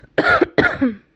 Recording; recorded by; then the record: voluntary cough; messaging app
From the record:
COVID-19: negative